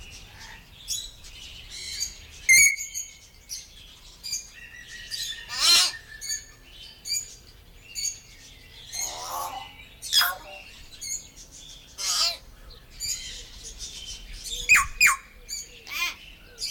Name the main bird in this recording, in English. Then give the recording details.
Common Hill Myna. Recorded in the wild. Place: Dahme/Mark, Brandenburg, DE. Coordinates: 51.87, 13.43. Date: 1995-04-29 17:59. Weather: heiter, 14°C. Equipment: Marantz CP 430, Sennheiser ME 80, Kopie Uher 4000 Report Monitor. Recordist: Tembrock, Günter. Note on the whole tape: Schloßpark und Tiergehege: Laute von 2 Tieren. Entfernung 5 m